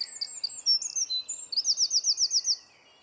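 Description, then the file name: Eurasian wren song: sharp high notes, then a fast ringing trill that stops abruptly, leaving quiet. "Troglodytes troglodytes"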